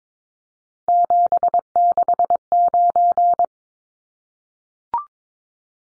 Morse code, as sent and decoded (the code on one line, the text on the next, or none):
--... -.... ----.
769